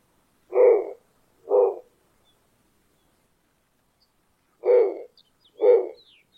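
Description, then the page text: Snowy owl uttering short, gruff barking notes in two pairs, each pair about a second apart, separated by a three-second pause. Captive bird at a zoo in Pessac near Bordeaux, France. "Harfang des neiges - Zoo de Bordeaux Pessac"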